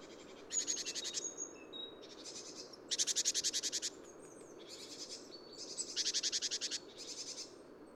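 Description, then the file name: Tit scolding: repeated bursts of a harsh buzzy churr, loud and soft in turn, over a fairly noisy low background hum. Social calls, recorded at Neudarss on 3 February 2013. "ebtit-caeruleus-SOC-SOC 1006 h neudarss"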